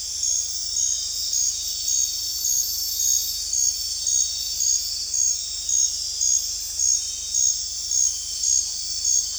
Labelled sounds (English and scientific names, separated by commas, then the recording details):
none
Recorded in dense forest near Puerto Asís, Putumayo, Colombia, on 20 December 2024 at 21:30
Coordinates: 0.467, -76.328
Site GP05